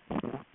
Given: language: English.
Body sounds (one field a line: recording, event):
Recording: throat vibration sensor signal played as sound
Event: swallow